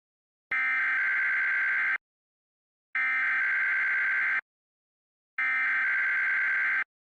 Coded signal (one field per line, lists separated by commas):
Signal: Emergency Alert System (SAME) tones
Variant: header bursts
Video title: Various Emergency Alert System (EAS) Tests - Month of 1/2022